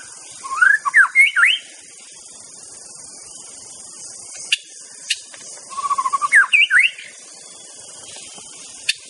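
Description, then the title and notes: White-rumped shama song: two bursts of rich, rising and falling whistled phrases with quick slurred notes, separated by a quiet gap with faint clicks, over steady high hiss. Song used as a lure for trapping birds (pikat). "MB Pikat Jitu.. Suara Mantap. murai batu"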